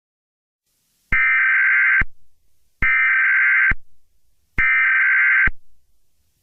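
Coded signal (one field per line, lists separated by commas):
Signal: Emergency Alert System (SAME) tones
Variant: header bursts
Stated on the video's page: Fictional EAS scenario, not a real alert.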